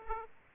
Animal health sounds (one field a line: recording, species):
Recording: mosquito wingbeat signal from an infrared sensor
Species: Aedes aegypti